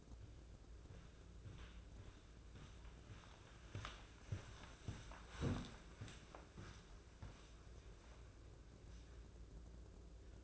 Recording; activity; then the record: daily activity, microphone in the room; walk to room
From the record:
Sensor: 2